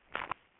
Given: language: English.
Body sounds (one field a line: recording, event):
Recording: throat vibration sensor signal played as sound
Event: swallow